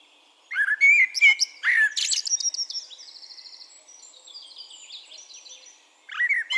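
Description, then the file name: Eurasian blackbird song: mellow whistled notes break into a jumble of high squeaky twitters, a faint trilling chatter follows, then a new fluted phrase begins. "Turdus merula"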